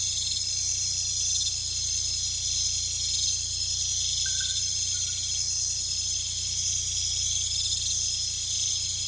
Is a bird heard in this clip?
no